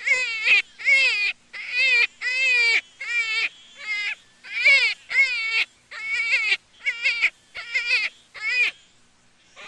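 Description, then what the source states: Jackrabbit squeals: a run of harsh, harmonic, wavering cries, tapering off at the end. Juvenile.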